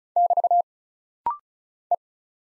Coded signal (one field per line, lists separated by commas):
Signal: Morse code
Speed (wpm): 36 wpm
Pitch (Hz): 700 Hz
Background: none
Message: <BT> E